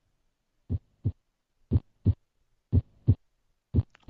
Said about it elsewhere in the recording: The normal heart sound. Now, that's a normal heart sound. And the two sounds you hear, the lub dub, those are the closing of the valves in the heart.